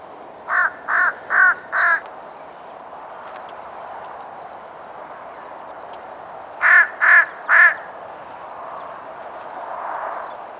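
Fish crow calls: a burst of four short, nasal caws, then after a pause three more, over a steady background hiss.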